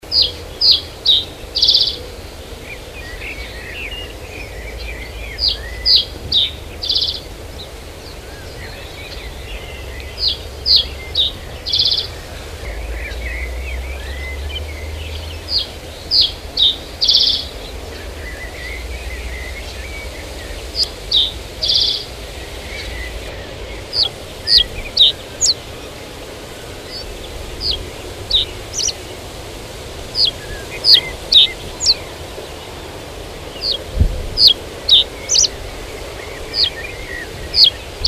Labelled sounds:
Reed Bunting song

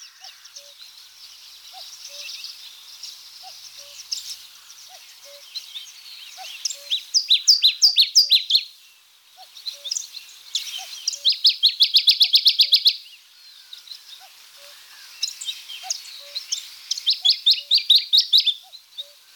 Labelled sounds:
Dusky Warbler song

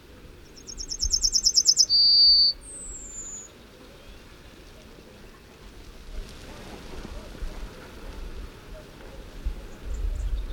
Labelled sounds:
Yellowhammer

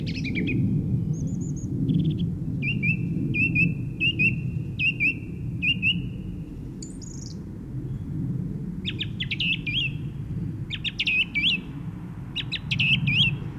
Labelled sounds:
Song Thrush song

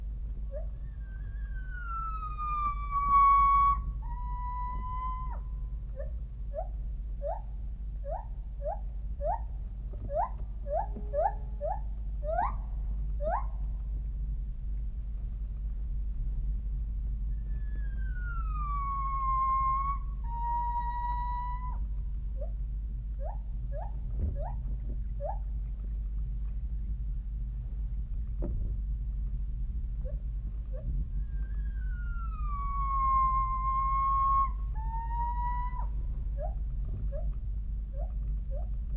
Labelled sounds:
Northern White-cheeked Gibbon

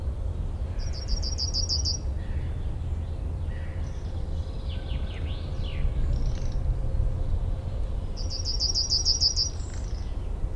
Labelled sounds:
Yellowhammer song

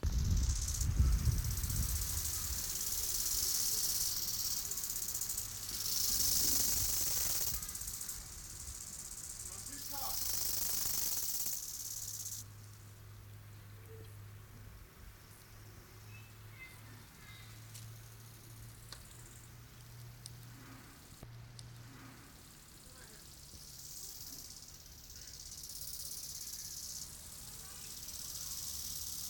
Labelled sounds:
Bow-winged Grasshopper stridulation

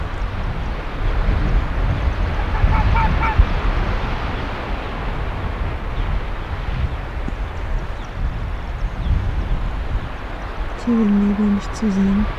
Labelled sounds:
Arctic Fox

